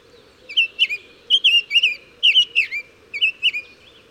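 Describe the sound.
Bird song with short bursts of two or three slurred, chirping whistles, repeated about once a second.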